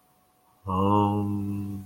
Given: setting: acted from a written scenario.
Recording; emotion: vocal sound without words; serenity